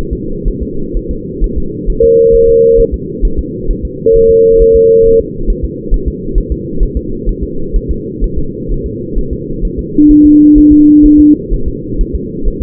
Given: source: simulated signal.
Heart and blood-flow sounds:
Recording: fetal heart sounds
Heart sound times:
0.13 s: S2
0.48 s: S1
0.62 s: S2
0.97 s: S1
1.11 s: S2
1.44 s: S1
1.58 s: S2
1.90 s: S1
2.04 s: S2
2.35 s: S1
2.49 s: S2
2.80 s: S1
2.94 s: S2
3.25 s: S1
3.39 s: S2
3.71 s: S1
3.85 s: S2
4.16 s: S1
4.31 s: S2
4.62 s: S1
4.76 s: S2
5.06 s: S1
5.21 s: S2
5.50 s: S1
5.65 s: S2
5.94 s: S1
6.08 s: S2
6.38 s: S1
6.52 s: S2
6.83 s: S1
6.97 s: S2
7.29 s: S1
7.44 s: S2
7.76 s: S1
7.91 s: S2
8.24 s: S1
8.38 s: S2
8.72 s: S1
8.86 s: S2
9.18 s: S1
9.33 s: S2
9.65 s: S1
9.79 s: S2
10.11 s: S1
10.26 s: S2
10.58 s: S1
10.72 s: S2
11.06 s: S1
11.20 s: S2
11.54 s: S1
11.68 s: S2
12.01 s: S1
12.15 s: S2
12.48 s: S1
12.62 s: S2
From the record:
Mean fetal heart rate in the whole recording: 130 bpm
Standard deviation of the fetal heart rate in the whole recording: 4 bpm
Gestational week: 38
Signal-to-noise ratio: -8.1 dB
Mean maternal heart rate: 72 bpm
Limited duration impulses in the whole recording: present

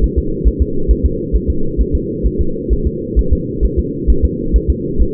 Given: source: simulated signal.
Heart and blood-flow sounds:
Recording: fetal heart sounds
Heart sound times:
0.04 s: S1
0.18 s: S2
0.47 s: S1
0.62 s: S2
0.91 s: S1
1.06 s: S2
1.35 s: S1
1.50 s: S2
1.81 s: S1
1.95 s: S2
2.26 s: S1
2.41 s: S2
2.73 s: S1
2.87 s: S2
3.19 s: S1
3.33 s: S2
3.65 s: S1
3.79 s: S2
4.10 s: S1
4.25 s: S2
4.56 s: S1
4.70 s: S2
5.01 s: S1
From the record:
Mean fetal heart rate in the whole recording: 135 bpm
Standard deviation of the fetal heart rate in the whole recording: 3 bpm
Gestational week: 34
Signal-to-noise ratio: -8.1 dB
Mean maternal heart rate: 72 bpm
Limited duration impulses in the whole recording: absent

